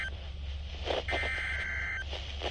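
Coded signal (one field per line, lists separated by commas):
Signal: Emergency Alert System (SAME) tones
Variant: header bursts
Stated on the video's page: Real SAME-toned Excessive Heat Warning from NOAA Weather Radio, recorded on a weather radio while travelling, with heavy static on the reception.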